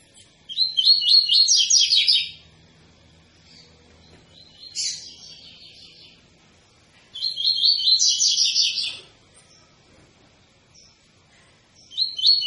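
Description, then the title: Double-collared seedeater singing rapid high twittering phrases of repeated notes: two long bursts with a shorter phrase between them and another starting at the end, separated by quiet pauses. Tui-tui song style of a spirited ('fibra') bird, a teacher song used for training young birds. "COLEIRO TUI TUI FIBRA CANTO PROFESSOR"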